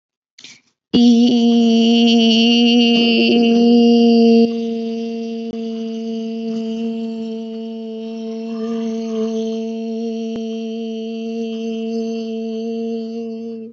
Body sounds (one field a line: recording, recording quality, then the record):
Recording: sustained vowel as in beet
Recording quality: excellent, no background noise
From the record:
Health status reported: healthy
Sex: female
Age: 21 years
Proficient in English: yes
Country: India